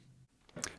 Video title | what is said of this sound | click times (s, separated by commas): Artem Loop-Less Strap Review-The best that money can buy! | it doesn't miss its mark it locks into place perfectly | 0.6 s